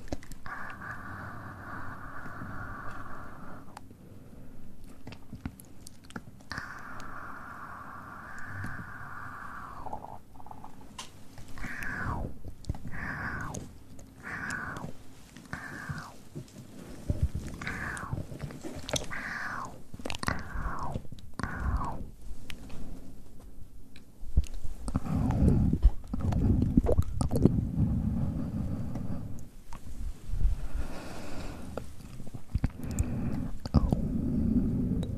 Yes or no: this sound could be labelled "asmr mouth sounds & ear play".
yes